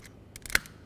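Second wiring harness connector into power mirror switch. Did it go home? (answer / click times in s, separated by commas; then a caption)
yes / 0.6 s. The darker second wiring harness connector is lined up and pushed into the power mirror switch of a 2010–2017 Chevy Equinox. A few light clicks and rustles lead up to a sharp, bright snap at 0.55 s as it seats. The connector clicks into place.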